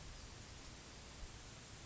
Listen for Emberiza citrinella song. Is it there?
no